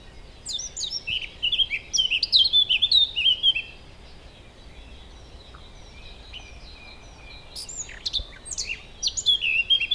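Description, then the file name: Eurasian blackcap giving two bouts of fast, varied warbling song separated by a few seconds of quiet background. "Sylvia atricapilla"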